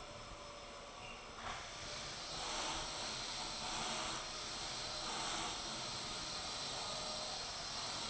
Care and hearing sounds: daily activity, microphone in the room; vacuum cleaning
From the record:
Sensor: 5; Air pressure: 1002.1 hPa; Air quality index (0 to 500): 211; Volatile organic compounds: 21 ppm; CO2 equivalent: 2737 ppm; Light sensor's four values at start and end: 10/24/10/11 and 10/24/10/11

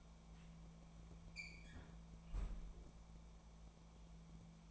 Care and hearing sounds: daily activity, microphone in the room; close fridge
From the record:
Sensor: 1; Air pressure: 1000.2 hPa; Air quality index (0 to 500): 134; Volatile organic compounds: 2 ppm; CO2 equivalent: 1268 ppm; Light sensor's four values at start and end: 37/94/40/49 and 38/95/40/49

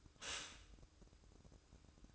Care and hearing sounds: daily activity, microphone in the room; stop toaster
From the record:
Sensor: 2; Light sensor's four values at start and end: 6/14/6/6 and 6/14/6/6

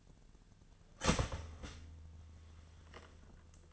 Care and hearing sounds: daily activity, microphone in the room; start toaster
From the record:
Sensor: 4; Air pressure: 1010.2 hPa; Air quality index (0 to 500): 180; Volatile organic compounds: 5 ppm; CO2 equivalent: 1816 ppm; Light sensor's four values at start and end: 23/69/27/27 and 24/71/28/28

